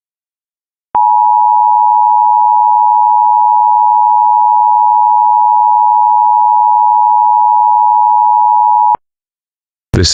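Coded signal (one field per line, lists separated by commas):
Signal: Emergency Alert System (SAME) tones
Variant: 853 and 960 Hz attention tone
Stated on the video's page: Fan-made fictional EAS scenario.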